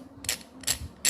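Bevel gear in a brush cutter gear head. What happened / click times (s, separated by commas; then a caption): Worn gear teeth skip and click instead of meshing / 0.2 s, 0.3 s, 0.7 s. A bevel gear in a brush cutter gear head is turned while part of it is held down with a finger. Its worn metal gear teeth slip past each other with sharp ratchet-like clicks at 0.2, 0.3 and 0.7 seconds, and another burst comes near 1.1 seconds. The gear is stripped.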